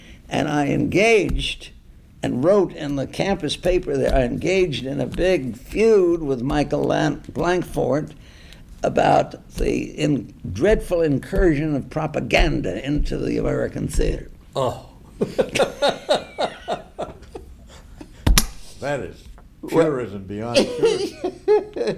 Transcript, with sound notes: And I engaged and wrote in the campus paper there, I engaged in a big feud with Michael Blankfort about the in-, dreadful incursion of propaganda into the American theatre.
Oh. [laughter] That is purism beyond purism.